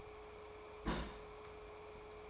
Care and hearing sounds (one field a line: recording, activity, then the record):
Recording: daily activity, microphone in the room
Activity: place on stove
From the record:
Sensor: 1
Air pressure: 1010.3 hPa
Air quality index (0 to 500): 171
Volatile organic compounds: 12 ppm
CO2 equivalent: 2352 ppm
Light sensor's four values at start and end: 54/140/58/73 and 54/140/58/73